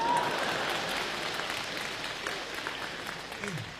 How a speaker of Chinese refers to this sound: 哎呀，真是给我的，太感动了，还是咱们北大的观众最好，因为我在外面演出就从来没人给我鼓过掌， 虽然今天到场的只有八九百位观众，但是我知道你们代表的是全国十三亿人给我的掌声，所以在我的心里，你们就是全国人大代表。